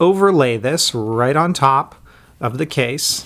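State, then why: Not seated. Someone talks while handling the hard plastic inner shell of a Gumdrop Drop Series case, laying it over an iPad 2 to snap it on. Only voice is heard, with no sharp hits or clicks, and nothing has seated or clicked yet.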